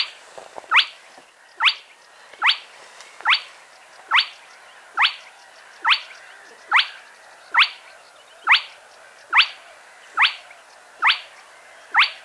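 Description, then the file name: Spotted crake calls: a long, regular series of whipped, rising notes, about fourteen in twelve seconds. Playback recording. "Plettet roervagtel"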